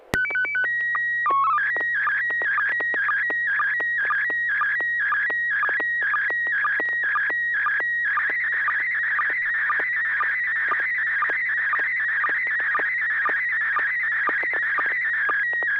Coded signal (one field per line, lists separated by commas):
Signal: SSTV (slow-scan television)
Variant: PD 120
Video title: N6NA SSTV Net - 03/13/2024